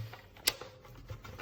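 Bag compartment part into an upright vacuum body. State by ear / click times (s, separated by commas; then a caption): seated / 0.5 s. A plastic bag compartment part on a Kenmore BU4050 Intuition bagged upright vacuum is pushed back down and in until it seats in the vacuum body. Several small clicks and taps are heard, with a sharp, bright click at 0.5 s marking the part seating in place.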